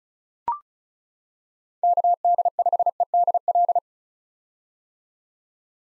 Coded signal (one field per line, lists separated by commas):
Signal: Morse code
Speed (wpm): 36 wpm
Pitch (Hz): 700 Hz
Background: none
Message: KD5EDL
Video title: 2023 POTA Hunter Call Signs - 35wpm